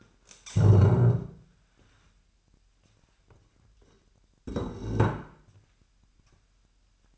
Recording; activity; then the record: daily activity, microphone in the room; stand up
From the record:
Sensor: 2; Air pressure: 998.4 hPa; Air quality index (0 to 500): 130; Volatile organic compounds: 3 ppm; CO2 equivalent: 1464 ppm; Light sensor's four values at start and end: 9/21/9/10 and 9/21/9/10